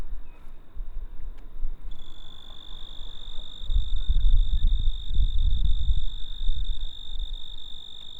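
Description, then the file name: Cricket trill, a continuous high steady ringing tone held throughout, over low rumbling background noise. "Grillo (Cricket)"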